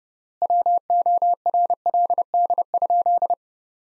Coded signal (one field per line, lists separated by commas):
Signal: Morse code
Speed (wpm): 29 wpm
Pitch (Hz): 700 Hz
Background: none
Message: WORLD?